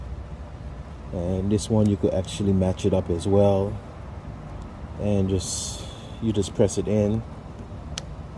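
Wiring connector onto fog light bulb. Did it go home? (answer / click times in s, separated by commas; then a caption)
yes / 8.0 s. A wiring harness connector is pushed onto the base of a fog LED bulb on a 2008 Toyota Avalon Limited while someone talks over a steady vehicle-like background hum. It clicks into place with a short, sharp click at 8.0 s, and the connector is seated.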